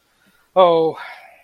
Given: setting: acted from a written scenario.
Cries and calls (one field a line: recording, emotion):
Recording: vocal sound without words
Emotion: disappointment